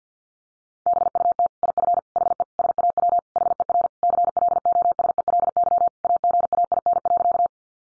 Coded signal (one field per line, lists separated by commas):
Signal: Morse code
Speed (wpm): 48 wpm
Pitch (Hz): 700 Hz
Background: none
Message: BUT IF HE SAW HER CLOSELY AGAIN.